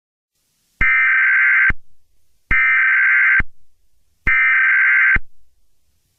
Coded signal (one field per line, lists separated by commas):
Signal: Emergency Alert System (SAME) tones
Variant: header bursts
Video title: {First Eas Mock} Arkansas Tornado warning